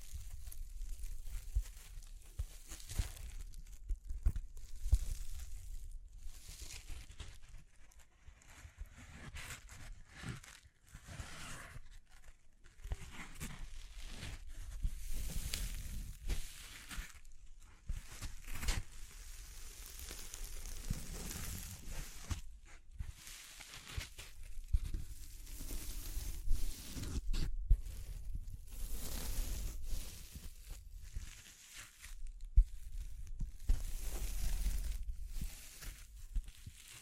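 Tapping, scratching, brushing and crinkling sounds follow one another without a break for the whole stretch, mostly dense, dry rustles and crinkles with short sharp taps scattered throughout. A low rumble runs underneath, and brief quieter gaps appear now and then.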